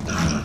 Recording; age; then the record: pig call; growing-finishing pig (85 days or more)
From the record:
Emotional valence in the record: positive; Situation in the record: run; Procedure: transit